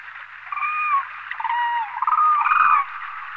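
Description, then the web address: Demoiselle crane calls: drawn-out rolling, trumpet-like notes, some rising and falling. "anthropoides virgo"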